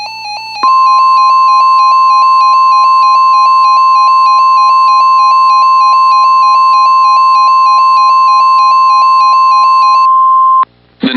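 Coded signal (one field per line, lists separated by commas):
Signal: Emergency Alert System (SAME) tones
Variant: 1050 Hz attention tone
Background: music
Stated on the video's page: Made-up severe thunderstorm EAS alert.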